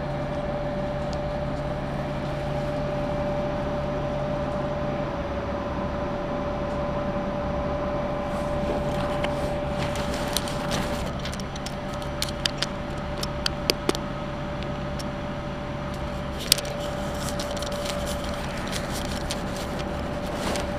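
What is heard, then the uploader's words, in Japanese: A Tenryu Hamanako Railway train travels from Nishikiga toward Mikkabi, its engine giving a steady, dense rumble with a constant mid-pitched whine. A lower drone fades after about five seconds; from around ten seconds on, sharp irregular clicks and clacks from the wheels break through. 天竜浜名湖鉄道 西気賀→三ヶ日。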